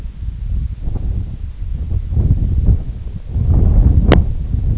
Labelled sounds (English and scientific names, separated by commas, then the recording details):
none
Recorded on Arctic tundra, site IGLO-D, on 25 June 2018
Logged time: 06:00